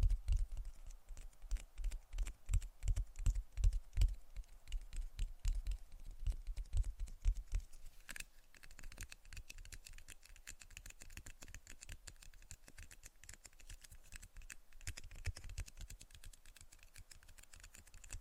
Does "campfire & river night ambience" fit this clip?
no